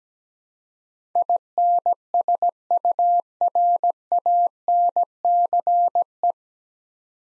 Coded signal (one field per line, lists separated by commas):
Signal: Morse code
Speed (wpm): 17 wpm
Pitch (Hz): 700 Hz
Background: none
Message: INSURANCE